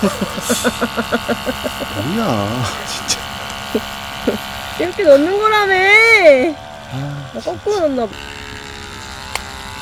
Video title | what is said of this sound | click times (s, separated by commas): [현실캠핑] 캠핑장을 예약하면 워터저그를 주는 역대급 신생캠핑장ㅣ역시 캠핑용품 브랜드가 만드니 다르네요!!ㅣ명당사이트 추천!ㅣSL캠핑빌리지 상세리뷰 | 탁 소리가 나야지, 이렇게. | 9.4 s